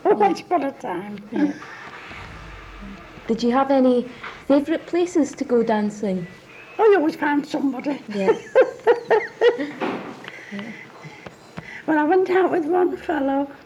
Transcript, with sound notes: Once upon a time.
Did you have any favourite places to go dancing?
Oh we always found somebody. [laughs]
Yes.
Well I went out with one fellow.